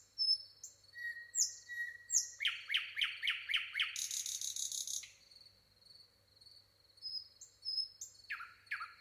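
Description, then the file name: Common nightingale phrases: thin whistles, a run of repeated hard notes, a loud buzzing rattle, a pause, then clipped descending notes. "Luscinia megarhynchos"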